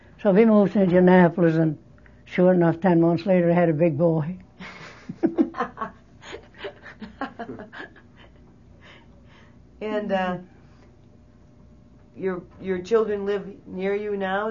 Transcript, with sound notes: So we moved to Indianapolis and sure enough, ten months later had a big boy.
(laughs) And uh, your children lived near you now?